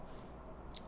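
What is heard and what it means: A plastic glove box door on a Mazda CX-5 dashboard is closed to test it after its plastic damper arm beside the glove compartment was reattached during a cabin air filter replacement. Over a low background hum, a short sharp click is heard at 0.8 s as the latch catches. The glove box door is latched shut.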